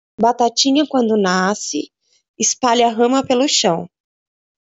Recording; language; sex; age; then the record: short text; Brazilian Portuguese; female; 40 to 49 years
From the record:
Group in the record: control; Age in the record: 43 years